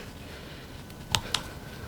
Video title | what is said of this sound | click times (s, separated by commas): Save Money Rebuilding Your Own Hydraulic Cylinders Like A CHAMP! Bobcat 371 | This one actually should just pop right in. | 1.2 s